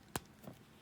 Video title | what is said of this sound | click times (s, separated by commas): Trick r Treat Neca Figure Review | Just like that, you can hear the pop. | 0.2 s